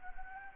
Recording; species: mosquito wingbeat signal from an infrared sensor; Anopheles gambiae